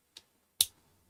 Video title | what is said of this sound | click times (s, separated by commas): ProosaXY Build - Part 7 : XY Motion System | snaps right in there so when your motor is doing its work | 0.6 s